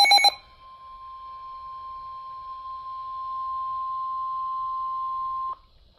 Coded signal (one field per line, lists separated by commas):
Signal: Emergency Alert System (SAME) tones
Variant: 1050 Hz attention tone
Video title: EAS 22 - Severe Thunderstorm Warning